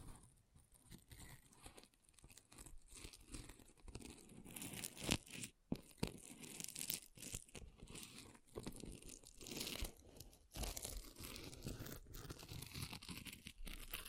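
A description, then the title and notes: An object scratches and scrapes in uneven bursts, with crinkly, crunching texture like paper or plastic being rubbed. Activity is sparse in the first two seconds, then grows dense and busy, with sharp brief clicks near five and six seconds and frequent short pauses. ASMR Brain Melting Object Scratching (No Talking).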